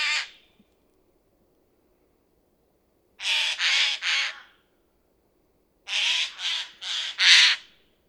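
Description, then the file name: Eurasian jay giving harsh, rasping screeches: one at the start, a tight run of three after a pause, then four more in quick succession. "Garrulus glandarius"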